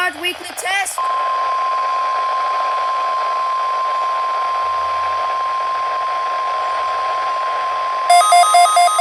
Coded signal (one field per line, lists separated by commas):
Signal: Emergency Alert System (SAME) tones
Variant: 1050 Hz attention tone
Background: speech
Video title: Required Weekly Test #2 (8/23/2023) (EAS #44)